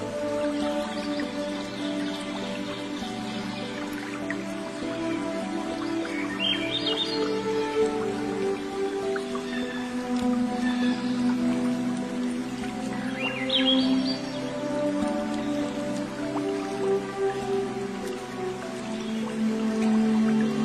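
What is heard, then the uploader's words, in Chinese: Steady flowing water under sustained, gentle piano notes, with brief bright bird chirps rising around seven and fourteen seconds. 小桥流水+鸟儿欢快+钢琴。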